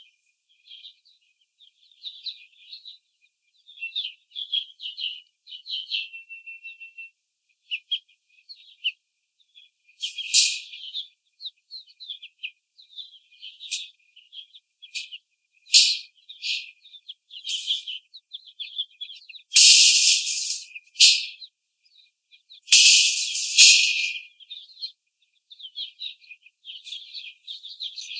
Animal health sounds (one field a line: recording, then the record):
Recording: young laying hens in a cage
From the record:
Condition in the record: after the stressor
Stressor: simulated dog barking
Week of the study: 4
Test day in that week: 3